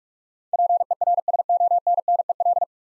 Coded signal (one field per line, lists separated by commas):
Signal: Morse code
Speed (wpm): 44 wpm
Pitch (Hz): 700 Hz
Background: none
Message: PERSONNEL